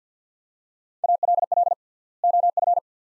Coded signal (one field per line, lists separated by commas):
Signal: Morse code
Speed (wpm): 50 wpm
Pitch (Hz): 700 Hz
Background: none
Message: ALL OF